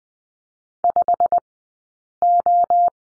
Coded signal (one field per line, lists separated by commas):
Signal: Morse code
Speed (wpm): 20 wpm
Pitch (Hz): 700 Hz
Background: none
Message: 5O